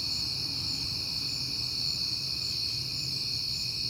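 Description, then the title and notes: Crickets in a steady high chorus that runs without pause, over a faint low rumble. Crickets heard often in September; recorded at night on a peaceful night. "Night Time: Crickets and Passing Cars. It is September and I have been hearing the crickets a lot, but finally had a peaceful night to make the recording"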